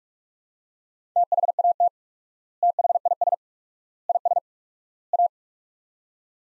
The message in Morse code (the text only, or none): THAT THIS IS A